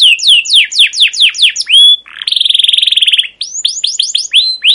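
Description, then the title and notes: Canary singing a series of falling chirps, then a fast buzzy trill of about a second, followed again by quick descending chirped notes. Long, persistent, emotive chirping 'cuit cuit' rolling canary song, used as a lure and as a tutor for young canaries learning to sing. "CUIT CUIT NGEROL LANGSUNG GACOR PANJANG Kenari Ini Utk Pancingan KENAR. PANCINGAN Kenari GACOR PANJANG Cuit CUIT EMOSI ini utk MASTERAN Kenari PAUD belajar BUNYI. burung kenari"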